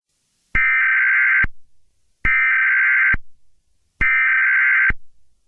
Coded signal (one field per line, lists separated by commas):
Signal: Emergency Alert System (SAME) tones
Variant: header bursts